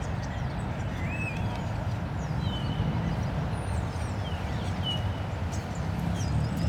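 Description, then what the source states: Common starlings give scattered whistled slurs and clicks, some rising and some falling, over a steady rumble of passing traffic. Starlings in plane trees at Porte de Ninove, Molenbeek-Saint-Jean, Brussels, Belgium; cars also heard; recorded with Lom mikroUši Pro microphones into a Zoom F3.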